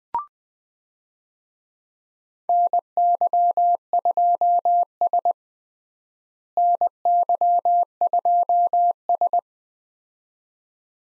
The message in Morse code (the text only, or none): NY2S NY2S